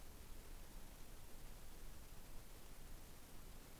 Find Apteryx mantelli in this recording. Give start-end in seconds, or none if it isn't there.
none